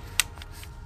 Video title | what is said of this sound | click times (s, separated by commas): Our Honest Review of the Nemo Stargaze Luxury Recliner | pinch action and then it just locks in place just like so | 0.2 s